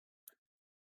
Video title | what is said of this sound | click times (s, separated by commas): How to Update Your Sabertrio Lightsaber | you'll hear a click i don't know if that might picked it up but you'll be able to hear a little bit of a click when you do that | 0.3 s